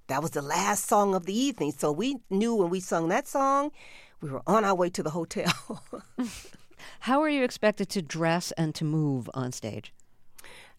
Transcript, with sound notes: But that was the last song of the evening, so we knew when we sung that song, we were on our way to the hotel.
(LAUGHTER)
How were you expected to dress and to move on stage?